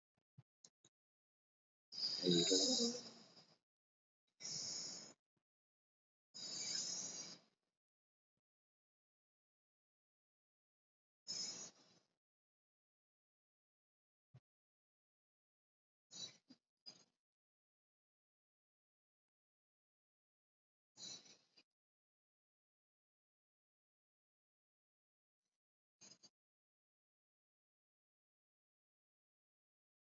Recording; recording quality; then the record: deep breathing; excellent, no background noise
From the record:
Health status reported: recovered from COVID-19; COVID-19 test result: negative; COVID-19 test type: RT-PCR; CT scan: not taken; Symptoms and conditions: none ticked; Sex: male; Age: 48 years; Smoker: no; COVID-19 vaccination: both doses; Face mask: not worn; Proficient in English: no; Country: India